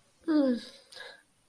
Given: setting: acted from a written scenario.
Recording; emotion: vocal sound without words; guilt